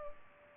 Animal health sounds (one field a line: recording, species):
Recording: mosquito wingbeat signal from an infrared sensor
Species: Culex pipiens